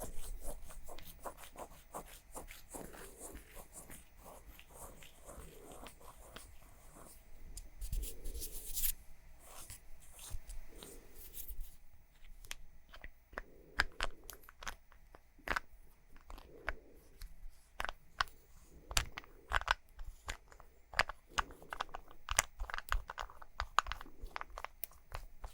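Makeup triggers: tapping and scratching on small objects, with quick, sharp clicks and taps scattered irregularly throughout. A brief cluster of louder scraping comes around eight to twelve seconds, and soft rustling and faint handling noises fill the gaps.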